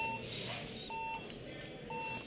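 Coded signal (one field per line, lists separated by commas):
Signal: beep code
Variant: HP BIOS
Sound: steady mid-pitched beeps about a second apart, three heard before the clip ends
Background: room noise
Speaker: कंडीशन है उसी तरह ओपन करेंगे ठीक है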